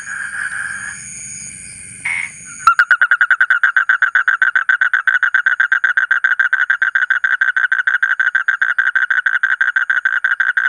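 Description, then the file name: Asian common toad trill starting after a brief mixed tonal sound and low noise, then a sharp onset into fast, regular pulses continuing steadily. "suara kodok bangkong kolong kodok buduk"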